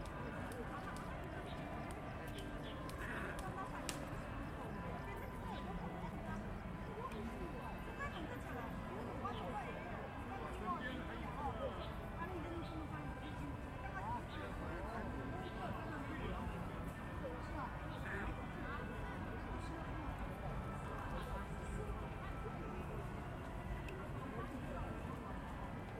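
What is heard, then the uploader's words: A busy public park in Shanghai, full of overlapping voices from a crowd. The chatter stays dense and steady throughout, with faint strains of music and scattered clicks and knocks mixed into the background. Luxun Park in Shanghai is a gathering place for everyone in the nearby residential areas. Hidden Saxophones tucked somewhere in the trees, KTV boxes with a flatscreen and an electric generator on a luggage trolley, several ballroom dance groups, and sometimes even the 'whippers'. Recorded with (2)DPA 4061 binaural, SD 302, and WM-6DC.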